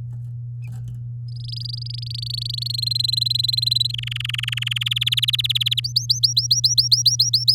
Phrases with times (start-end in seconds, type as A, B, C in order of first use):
1.28-2.85 A, 2.86-3.92 B, 3.94-4.89 C, 4.91-5.80 D, 5.84-7.53 E